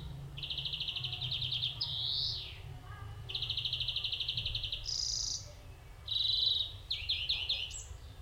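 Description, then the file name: European greenfinch song with long rattling trills, a sliding wheeze that drops in pitch, and brief higher notes, steady low hum underneath. "Chloris chloris"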